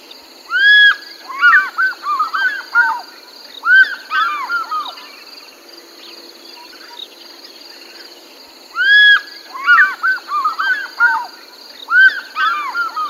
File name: african fish eagle